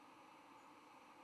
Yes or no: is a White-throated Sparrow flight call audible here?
no